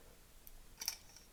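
A microSD card is pushed down into the spring-loaded card slot of a GoPro Hero 12 Black action camera until it latches. Over quiet background there is a faint tick near 0.5 s, then a short cluster of sharp clicks with the loudest at 0.9 s, and a faint tick at 1.2 s. The card seats and latches in the slot at 0.9 s.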